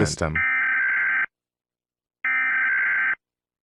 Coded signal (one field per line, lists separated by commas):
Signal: Emergency Alert System (SAME) tones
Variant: header bursts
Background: speech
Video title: EAS Scenario: SCP-001